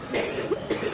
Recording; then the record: coughing mixed with background sound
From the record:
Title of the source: 60 coughing still (deep and wet cough)